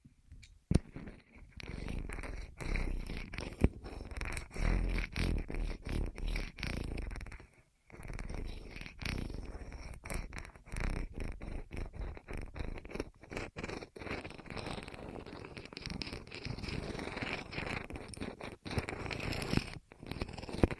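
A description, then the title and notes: ASMR sound of something rolling over the ears: a continuous low, purring rumble with a gritty edge, broken by frequent brief cutoffs. It stops fully for a moment near 7.5 seconds, then resumes, growing slightly brighter and scratchier toward the end. ASMR Rolling On Your Ears (No Talking).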